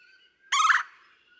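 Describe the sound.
Red-bellied woodpecker giving a single short, harsh, rolling churr call, burry and rich in overtones, with faint thin bird notes before and after.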